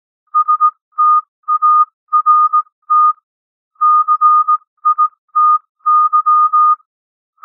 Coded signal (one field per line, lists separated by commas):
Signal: Morse code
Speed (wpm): 18 wpm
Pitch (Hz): 1230 Hz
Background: music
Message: START CITY